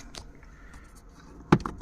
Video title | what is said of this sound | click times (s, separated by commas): 2005 Honda Accord DIY (Cluster Mod/removal/repair) #diy #honda #cj #rgblighting #automobile #car | push it into it clips. | 1.5 s